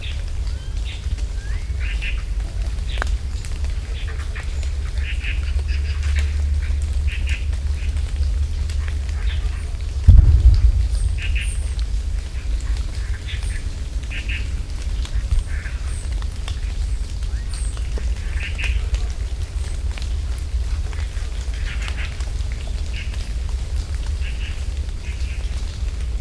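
Water drops fall at a tree farm over a steady low rumble from renovation work beyond. Short bright plinks and chirps recur every second or so, and a single heavy boom hits around ten seconds, ringing out briefly before the rumble carries on.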